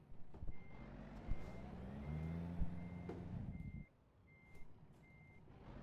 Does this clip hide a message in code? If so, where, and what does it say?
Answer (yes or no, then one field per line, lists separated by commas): no